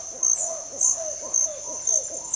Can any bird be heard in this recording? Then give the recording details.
no. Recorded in dense forest near Puerto Asís, Putumayo, Colombia, on 21 February 2024 at 06:30. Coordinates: 0.505, -76.324. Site G6467